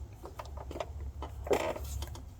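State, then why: Not seated. A steel main/rod bearing shell is being handled into the engine block saddle/cap of a Peterbilt with an NT855 Big Cam Cummins, laid in by its locating tang before the other end is pressed down into the bore. Light scrapes and soft metallic ticks sit over a steady low rumble, with a brighter, louder burst of handling noise around 1.5 s. Nothing has seated or clicked yet.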